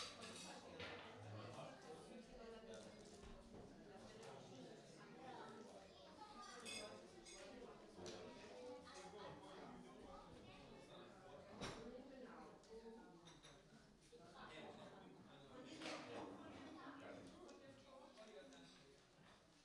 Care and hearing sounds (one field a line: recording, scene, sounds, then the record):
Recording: everyday scene through a hearing-aid microphone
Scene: many people talking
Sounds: many voices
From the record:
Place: parish hall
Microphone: in the ear canal, right